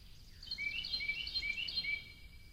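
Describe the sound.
Carolina wren song: a short series of four repeated warbled phrases, somewhat blurred by steady background noise.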